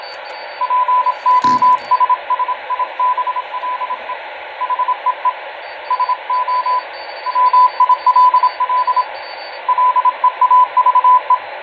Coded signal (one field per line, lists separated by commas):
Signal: Morse code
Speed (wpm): 26 wpm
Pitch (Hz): 1000 Hz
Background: radio noise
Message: POSSIBLE HEE SO MILL LEAVE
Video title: Listening to people doing Morse Code